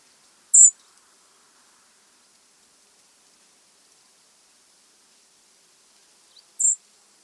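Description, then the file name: European robin calling with two short, very high, thin notes about six seconds apart, with near silence between them. "Erithacus rubecula"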